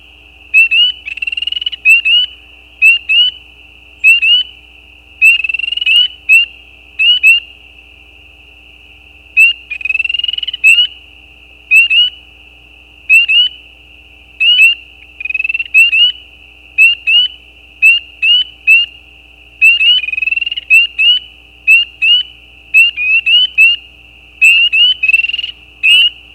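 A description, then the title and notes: Spring peeper frogs call at night, each peep a short, high, piercing whistle. The calls come in quick bursts and clusters with clear gaps between, from a few individuals rather than a dense chorus. A faint low hum sits underneath throughout. Peepers peeping. Recorded by Anton Pickard. Peeper frogs mating calls - the calls are more individual with gaps in the recording. Recorded at the side of a gravel road at night.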